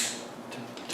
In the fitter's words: plug it in you'll first sear one click but you won't get air this way but it'll release